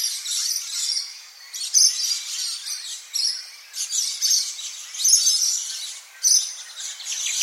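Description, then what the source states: Scaly-breasted Lorikeet screeches, shrill and high, with several brief louder outbursts over a constant background. Known for its high-pitched screech; Mount Molloy, Queensland, Australia.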